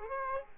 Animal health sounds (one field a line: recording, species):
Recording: mosquito wingbeat signal from an infrared sensor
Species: Aedes aegypti